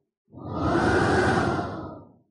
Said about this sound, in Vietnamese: Tiếng gió giống như lệ quỷ đang khóc, vô cùng dọa người. Các bụi đầy trời, sức gió càng lúc càng lớn. Là một cơn gió lốc màu đen